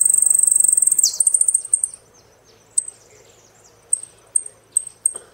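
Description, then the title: Saffron finch song: a rapid pulsing trill that fades, then scattered thin high chirps repeated at uneven intervals. "Jilguero Argentino"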